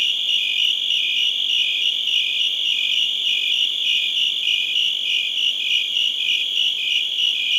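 Cricket giving rapid repeated chirps, a bright buzzy run of high pulses that never stops.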